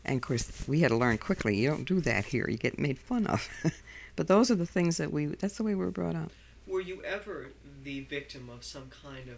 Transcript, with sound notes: And of course we had to learn quickly you don't do that here, you get made fun of. ( she laughs ) But those were the things that we, that's the way we were brought up.
Were you ever the victim of some kind